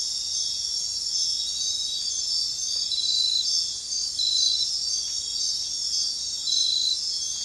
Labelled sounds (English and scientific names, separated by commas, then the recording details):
none
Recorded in dense forest near Puerto Asís, Putumayo, Colombia, on 20 February 2024 at 04:30
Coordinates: 0.500, -76.322
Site G6465